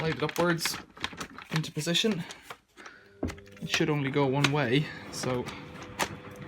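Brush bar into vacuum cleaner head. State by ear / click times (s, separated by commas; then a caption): not seated / none. Someone talks while handling the beater brush bar assembly of a Dyson DC25, sliding it upwards into position in the vacuum cleaner head, with a few brief handling knocks around 3.2–3.5 seconds. The clip ends before the brush bar snaps in, so nothing has seated or clicked yet.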